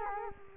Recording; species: mosquito wingbeat signal from an infrared sensor; Culex quinquefasciatus